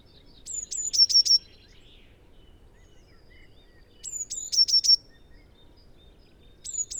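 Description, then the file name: Eurasian blue tit song: two complete phrases of piercing high notes dropping into a rapid trill, spaced a few seconds apart, a third just beginning at the end. "Cyanistes caeruleus"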